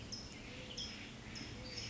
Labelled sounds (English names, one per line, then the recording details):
Western Tanager
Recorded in Sonoma County, California